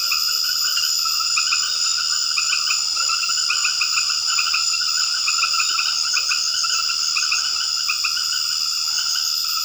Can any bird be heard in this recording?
no